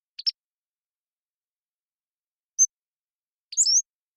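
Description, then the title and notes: Pacific-slope flycatcher: a clipped double note, a lone pure high whistle, then a thin swooping slurred phrase, with long pauses between. Long song sequence captured with a parabolic microphone, with natural rhythm and pace. "Pacific-Slope Flycatcher, Empidonax difficilis"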